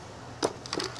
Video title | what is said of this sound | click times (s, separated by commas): Airsoft Reports- WELL R4/MP7 A1-Quality Review P.2 | battery in place you'll hear it click | 0.4 s, 0.7 s